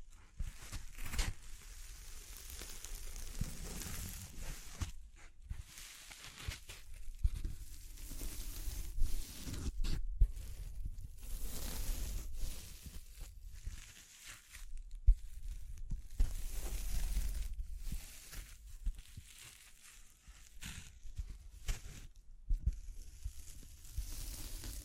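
Tapping, scratching, brushing and crinkling sounds run without a break, a dense mix of short papery crackles and soft scraping strokes. Sharp taps and crinkly bursts arrive every second or two, with brief quieter gaps around 5, 10 and 15 seconds, over a low rumbling undertone.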